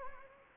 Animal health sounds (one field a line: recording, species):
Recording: mosquito wingbeat signal from an infrared sensor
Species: Anopheles gambiae